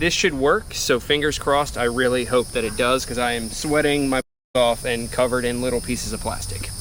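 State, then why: Not seated. Someone talks throughout while handling an aftermarket seat for a Honda SCL500 motorcycle, whose front plastic tongue was trimmed so it can slide under the tank, before it is pushed down onto the seat lock. There is a brief silence around 4.3 s. Nothing has seated or latched yet.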